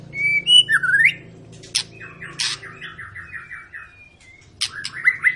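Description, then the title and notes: White-rumped shama phrases: a few clear whistles, a sharp click, then a run of rattling trilled notes, over a constant low hum. Long lure song of a vigorously singing (gacor) shama, used to stimulate other birds to sing. "Pancingan Murai Batu Gacor Panjang. muraiku"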